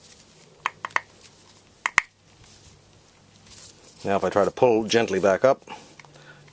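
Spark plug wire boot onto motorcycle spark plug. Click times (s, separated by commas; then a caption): 1.9 s, 2.0 s. The rubber spark plug wire boot is pushed down onto a new spark plug on a 1990 Suzuki VX800 motorcycle, with a few light handling taps before the terminal snaps on with clicks at 1.9 s and 2.0 s. Someone then talks while pulling gently up on the boot to check that it holds, and it stays seated.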